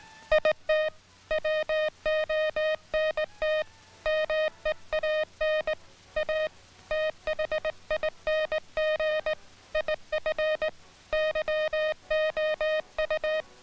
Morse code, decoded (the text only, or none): IT WONT MEAN A THING IF YOU